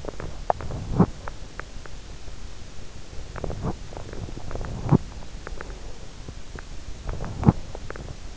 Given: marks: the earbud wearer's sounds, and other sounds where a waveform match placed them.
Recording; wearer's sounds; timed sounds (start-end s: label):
sounds in sleep by an in-ear microphone; teeth grinding
0.00-1.35 s: teeth grinding
3.29-4.03 s: teeth grinding
4.24-5.12 s: teeth grinding
7.16-7.84 s: teeth grinding